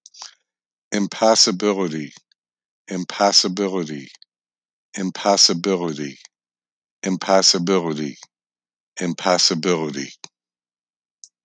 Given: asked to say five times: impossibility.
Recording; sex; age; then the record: repeated word; male; 50 to 59 years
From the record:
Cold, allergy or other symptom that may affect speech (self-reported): no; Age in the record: 59 years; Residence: Illinois, United States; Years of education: 15